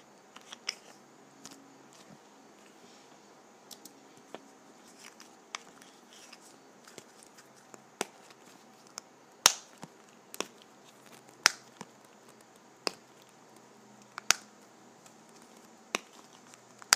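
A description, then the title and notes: A lip gloss container gives off sharp, bright clicks and snaps at an irregular pace, roughly one every second. The loudest snaps land around the middle and later, between softer taps and faint rustling over a quiet hiss. ASMR Lip Gloss Container.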